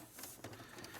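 A plastic case panel of an Xbox 360 S games console is handled and pressed toward its two tabs on the chassis during reassembly, with brief plastic handling knocks around 0.4 s and 0.8 s over a steady low hum. Nothing has seated or clicked into place yet.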